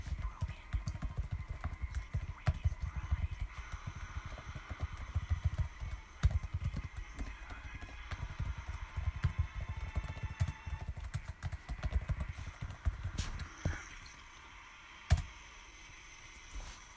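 Chewing and crunching fill most of the recording, a dense run of low, irregular bites and squishes through about thirteen seconds. Then it thins to sparse clicks and a few sharp taps, one loud snap near fifteen seconds, over faint background voices.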